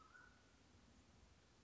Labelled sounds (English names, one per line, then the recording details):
Mountain Quail
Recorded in Sonoma County, California